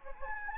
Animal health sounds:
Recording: mosquito wingbeat signal from an infrared sensor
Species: Anopheles gambiae

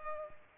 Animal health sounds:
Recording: mosquito wingbeat signal from an infrared sensor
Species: Culex pipiens

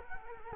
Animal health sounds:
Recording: mosquito wingbeat signal from an infrared sensor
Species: Culex quinquefasciatus

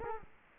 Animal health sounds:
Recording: mosquito wingbeat signal from an infrared sensor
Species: Culex quinquefasciatus

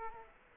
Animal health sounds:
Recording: mosquito wingbeat signal from an infrared sensor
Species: Culex quinquefasciatus

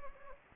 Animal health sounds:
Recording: mosquito wingbeat signal from an infrared sensor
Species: Anopheles gambiae

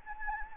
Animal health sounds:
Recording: mosquito wingbeat signal from an infrared sensor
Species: Anopheles gambiae

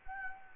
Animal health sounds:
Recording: mosquito wingbeat signal from an infrared sensor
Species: Anopheles gambiae

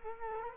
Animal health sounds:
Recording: mosquito wingbeat signal from an infrared sensor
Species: Culex quinquefasciatus

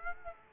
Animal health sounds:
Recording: mosquito wingbeat signal from an infrared sensor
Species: Aedes aegypti

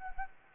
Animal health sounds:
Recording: mosquito wingbeat signal from an infrared sensor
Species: Anopheles gambiae

